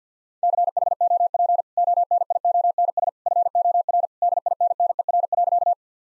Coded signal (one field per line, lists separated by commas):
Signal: Morse code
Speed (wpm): 50 wpm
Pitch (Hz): 700 Hz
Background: none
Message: CHOP ONIONS FOR DINNER.